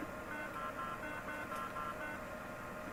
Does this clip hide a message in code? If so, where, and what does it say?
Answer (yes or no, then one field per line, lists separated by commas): no